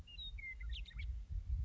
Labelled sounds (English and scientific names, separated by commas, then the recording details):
Western Meadowlark (Sturnella neglecta)
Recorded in Sonoma County, California